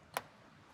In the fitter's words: push it a little bit, feel it clicks,